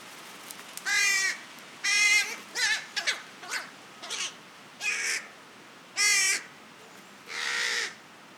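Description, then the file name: Carrion crow calling in a busy series of rough, croaking caws, some short and clipped, others longer and drawn out. "Corvus corone"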